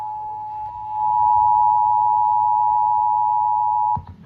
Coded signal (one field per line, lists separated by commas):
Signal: Emergency Alert System (SAME) tones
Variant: 853 and 960 Hz attention tone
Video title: SVR WWG56-KDO94-98.9FM EAS-465-466-467